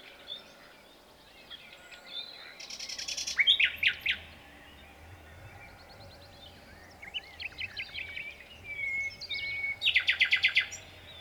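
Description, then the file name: Common nightingale song in short bursts: rapid buzzy trills and slurred chirps separated by pauses. "Luscinia megarhynchos"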